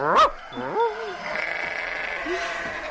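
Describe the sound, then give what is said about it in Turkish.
Sheep scattered around the garden of a dervish lodge (tekke) bleat in a few wavering, nasal calls: a loud burst at the start, another soon after, then a fainter bleat later over a steady low background murmur. “Koyunlar da her tarafa dağıldılar.”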